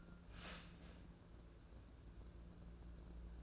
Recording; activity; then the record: daily activity, microphone in the room; start toaster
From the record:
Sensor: 2